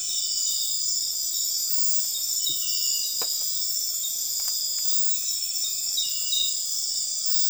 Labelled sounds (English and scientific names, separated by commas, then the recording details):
none
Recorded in dense forest near Puerto Asís, Putumayo, Colombia, on 21 February 2024 at 03:00
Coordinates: 0.502, -76.326
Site G6460